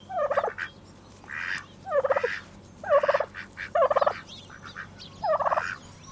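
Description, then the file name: Domestic turkey gobbling: six rattling, bubbling bursts, each about half a second long, coming roughly once a second in an uneven sequence. Domestic turkey giving a call sequence. "Bird Turkey Domestic Call Sequence"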